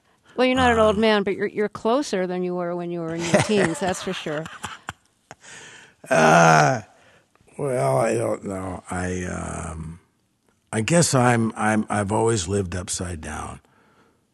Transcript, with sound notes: Well, you're not an old man, but you're closer than you were when you were in your teens, that's for sure.
(SOUNDBITE OF LAUGHTER)
Well, I don't know. I guess I've always lived upside down.